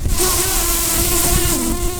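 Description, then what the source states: Common carder bee buzzing steadily, a low droning hum with a faint harmonic tone, over broad background noise. Queens.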